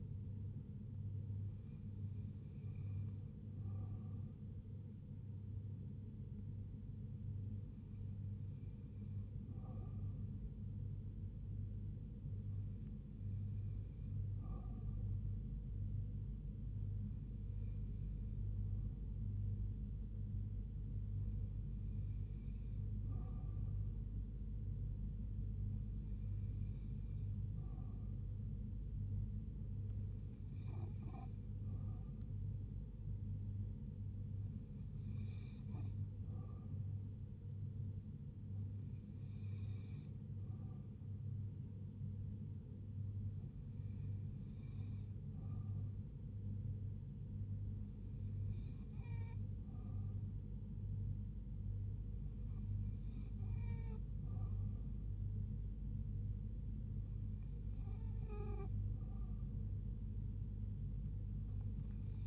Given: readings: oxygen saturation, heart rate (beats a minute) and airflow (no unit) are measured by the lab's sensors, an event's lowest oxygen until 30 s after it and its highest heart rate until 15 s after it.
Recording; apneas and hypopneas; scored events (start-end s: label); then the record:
breathing in sleep by a smartphone at the bedside; none
49.00-62.27 s: new sleep stage, N1 (lightest sleep)
From the record:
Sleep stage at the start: N2 (light sleep); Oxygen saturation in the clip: 87 to 88%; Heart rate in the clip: 72 to 78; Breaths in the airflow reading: 13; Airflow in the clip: -3.3 to 2.1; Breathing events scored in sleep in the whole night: 158 in 7.3 hours asleep